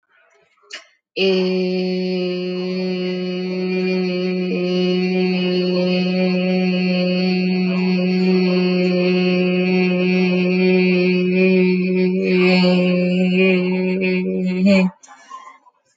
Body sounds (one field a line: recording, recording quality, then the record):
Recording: sustained vowel as in made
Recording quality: moderate, slight background noise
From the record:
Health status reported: healthy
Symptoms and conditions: none ticked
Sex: female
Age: 23 years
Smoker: not ticked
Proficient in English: yes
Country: India